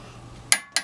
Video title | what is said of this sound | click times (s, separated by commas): Jeep ZJ 5.9 Torque Front Axle Shaft on to Hub | it 175 and you when you hear the click you know you're done and then basically | 0.5 s